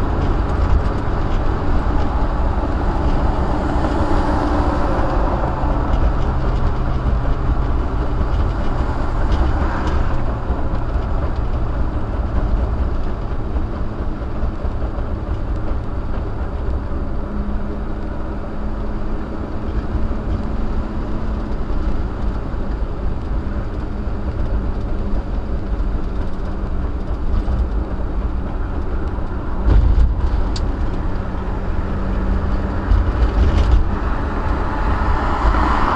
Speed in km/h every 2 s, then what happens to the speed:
95, 92, 89, 82, 77, 76, 71, 71, 69, 69, 68, 76, 66, 63, 60, 60, 66, 71.
0-12 slows to 71. 12-22 steady at about 69. 22-28 slows to 60. 31-36 speeds up to 71.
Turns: none.